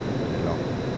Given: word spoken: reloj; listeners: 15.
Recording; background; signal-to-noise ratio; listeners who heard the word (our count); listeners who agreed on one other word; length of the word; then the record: one Spanish word in noise, from a listening test; speech-shaped noise; -5.1 dB; 2 of 15; 8 of 15; 0.57 s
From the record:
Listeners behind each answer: 8, 2, 1, 1, 1, 1, 1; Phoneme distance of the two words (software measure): 31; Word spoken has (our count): 2 syllables, 5 phonemes, stress on syllable 2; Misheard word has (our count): 1 syllable, 2 phonemes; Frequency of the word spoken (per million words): 34.07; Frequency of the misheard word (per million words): 9606.18